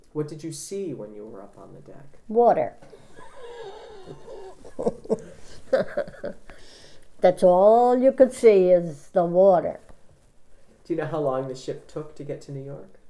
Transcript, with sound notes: What did you see when you were up on the deck? ( she laughs )
That's all you could see was the water.
Do you know how long the ship took to get to New York?